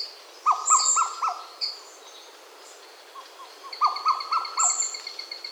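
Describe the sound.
Madagascar cuckoo giving two runs of mellow, evenly spaced notes, with sharp high whistles and a thin sustained tone from other birds alongside.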